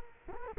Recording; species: mosquito wingbeat signal from an infrared sensor; Culex quinquefasciatus